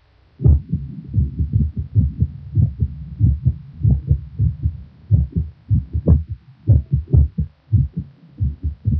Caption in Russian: Мерцательная аритмия или трепетание предсердий чаще всего аускультативно определяется отсутствием всякой закономерности в следовании тонов сердца, а также их меняющейся звучностью. Запись, полученную на верхушке сердца у больного с тахисистолической формой мерцательной аритмии.